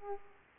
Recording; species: mosquito wingbeat signal from an infrared sensor; Aedes aegypti